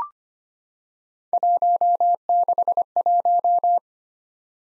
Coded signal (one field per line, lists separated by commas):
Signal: Morse code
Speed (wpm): 25 wpm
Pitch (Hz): 700 Hz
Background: none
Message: 161